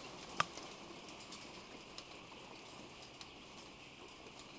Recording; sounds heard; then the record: poultry house recording; healthy chickens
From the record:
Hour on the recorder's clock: 15